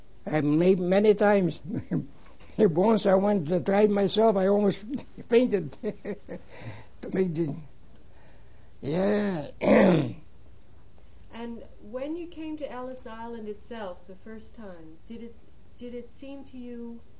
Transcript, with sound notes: And made many times and once I went to try it myself, I almost fainted. Yeah. ( he clears his throat )
And when you came to Ellis Island itself, the first time, did it, did it seem to you,